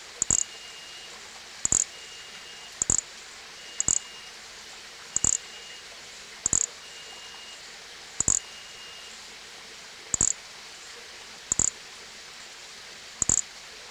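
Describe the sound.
Nesobia mjobergi producing short, shrill buzzy chirps about every one and a half seconds, ten in all, with a faint thin tone between some.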